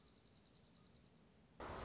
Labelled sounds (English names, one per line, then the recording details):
Dark-eyed Junco
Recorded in Sonoma County, California